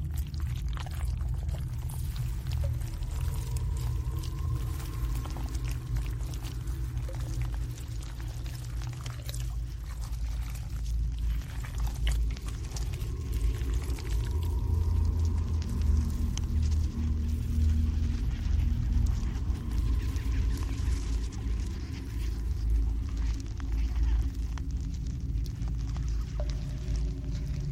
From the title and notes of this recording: Alien hive ASMR ambience. Predator cave | relaxing slimy sounds.